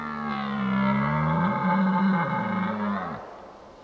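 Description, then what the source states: Red deer stag giving a deep, moaning bellow of about three seconds that wavers slightly in pitch before fading. Old stag bellowing during the rut (burlen).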